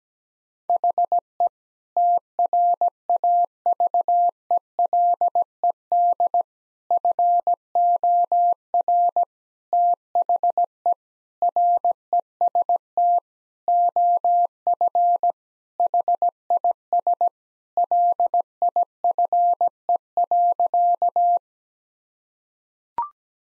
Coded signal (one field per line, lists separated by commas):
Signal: Morse code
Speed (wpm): 17 wpm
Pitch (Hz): 700 Hz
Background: none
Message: HE TRAVELED FOR THE REST OF HIS LIFE.